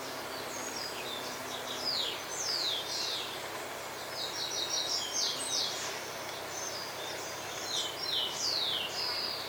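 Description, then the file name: Bird calls: many thin, high downslurred chirps and short notes in loose bursts throughout, with constant hissing background noise. "SABIOD 50 bird 2015"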